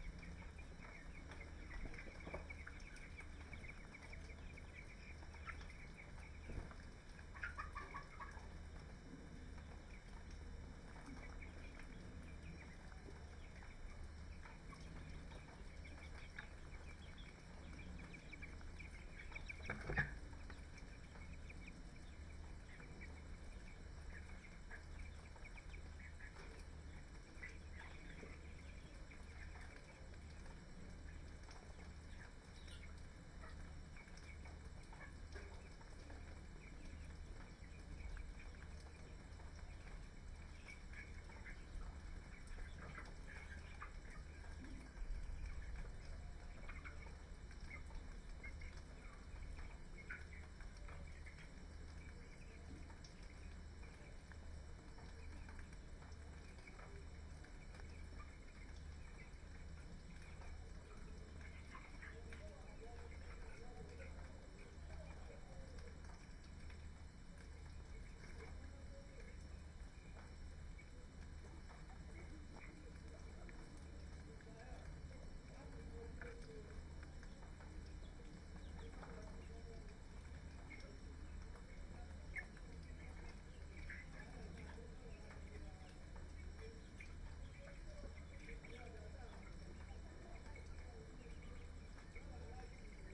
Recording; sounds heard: poultry house recording; healthy chickens